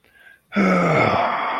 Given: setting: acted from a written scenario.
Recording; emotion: vocal sound without words; contentment